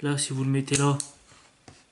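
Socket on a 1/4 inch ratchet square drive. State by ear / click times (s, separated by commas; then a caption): not seated / none. A 1/4 inch steel socket is placed onto the square drive of a quick-release ratchet without pressing hard, and it fails to lock on because it doesn't engage unless pushed with force. Someone talks through the first second, then a brief light tap is heard at 1.7 s. Nothing has clicked or seated.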